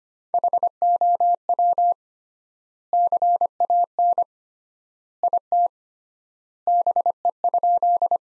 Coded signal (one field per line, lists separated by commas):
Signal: Morse code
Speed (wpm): 25 wpm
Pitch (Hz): 700 Hz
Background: none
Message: HOW CAN IT BE?